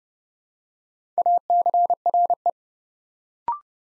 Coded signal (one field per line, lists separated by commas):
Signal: Morse code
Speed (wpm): 31 wpm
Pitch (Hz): 700 Hz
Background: none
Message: ACRE